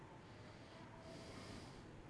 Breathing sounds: one breath in and out by a microphone near the nose and mouth; normal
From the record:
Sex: male

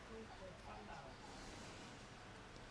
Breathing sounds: one breath in and out by a microphone near the nose and mouth; deep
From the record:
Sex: male

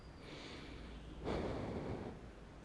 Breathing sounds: one breath in and out by a microphone near the nose and mouth; normal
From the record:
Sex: male

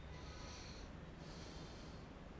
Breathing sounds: one breath in and out by a microphone near the nose and mouth; deep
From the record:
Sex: male

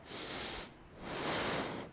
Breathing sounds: one breath in and out by a microphone near the nose and mouth; deep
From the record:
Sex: male

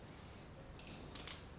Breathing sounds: one breath in and out by a microphone near the nose and mouth; normal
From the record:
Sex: male

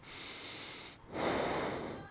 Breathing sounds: one breath in and out by a microphone near the nose and mouth; normal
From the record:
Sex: male

